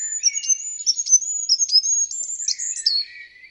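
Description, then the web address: Bird calling in a rapid, high twittering chatter of thin whistles and sharp chips, with a lower buzzy trill underneath, tapering off near the end. "Bird Only"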